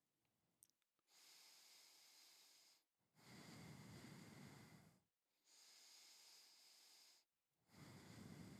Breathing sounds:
nose breathing near a microphone
0.90-2.95 s: inhalation
2.95-5.20 s: exhalation
5.20-7.40 s: inhalation
7.40-8.60 s: exhalation
From the record:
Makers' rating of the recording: medium

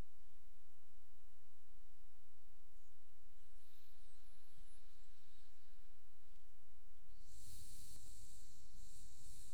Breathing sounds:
nose breathing near a microphone
3.00-7.00 s: inhalation
7.00-9.54 s: exhalation
From the record:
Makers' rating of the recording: medium

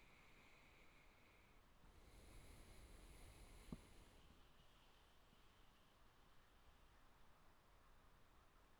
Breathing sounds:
nose breathing near a microphone
0.00-1.87 s: inhalation
1.87-4.79 s: exhalation
From the record:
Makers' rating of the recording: good

